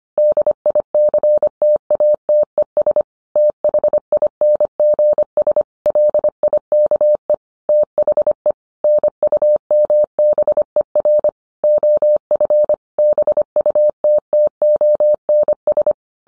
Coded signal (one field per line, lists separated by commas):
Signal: Morse code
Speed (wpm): 25 wpm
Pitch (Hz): 600 Hz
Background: none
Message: DICTATES THINGS LIKE THE NUMBER OF BUTTONS